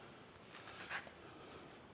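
A RockyMounts AfterParty Swing Away 2 hitch bike rack on a 2022 Volkswagen Atlas Cross Sport has its folding wheel-cradle arm brought in by hand toward its metal latch on the rack frame, so it can snap into place before the blue handle is tightened. Soft handling noise runs through the clip, with a brief quiet tap near 0.4 s and a small rise around 0.9–1.0 s. Nothing has seated or clicked yet.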